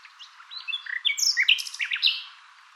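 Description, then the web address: Bird calls: a rapid jumble of short, high chirps and twittering notes that build up in the middle and then fade, with no other clear sounds. "Deverinetal 2025. Bird Only"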